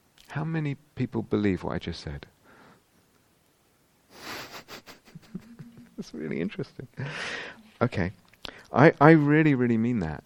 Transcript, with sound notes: How many people believe what I just said? [laughs] It's really interesting! Okay. I really, really mean that.